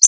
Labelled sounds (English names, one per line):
Connecticut Warbler flight call